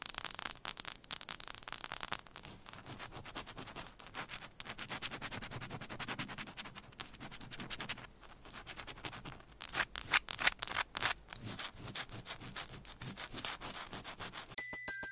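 Scratching and tapping on a textured candle, a dense run of crisp, bright scrapes and clicks with little low sound. Rapid ticking bursts cluster around 1, 8 and 10–12 seconds, with softer rubbing between, and a brief high ding near the end.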